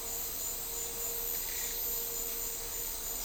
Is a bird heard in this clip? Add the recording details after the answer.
yes. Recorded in dense forest near Puerto Asís, Putumayo, Colombia, on 4 March 2025 at 11:00. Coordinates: 0.467, -76.328. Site G041